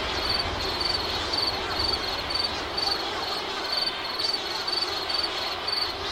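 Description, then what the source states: Cricket chirping in regular short bursts, high and pulsed, over a constant noisy wash. Crickets on an island.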